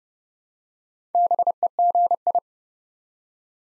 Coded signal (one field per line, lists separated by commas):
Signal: Morse code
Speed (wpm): 30 wpm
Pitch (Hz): 700 Hz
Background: none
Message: BEGI